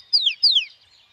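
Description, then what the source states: Bird song: two clear whistled notes, each sliding steeply downward, a short pause between them, then quiet. Birds singing at dawn.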